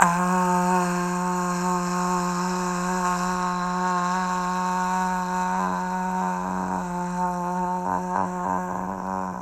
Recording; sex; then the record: sustained vowel /a/; male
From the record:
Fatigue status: no fatigue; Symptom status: symptomatic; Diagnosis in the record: COVID-19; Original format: m4a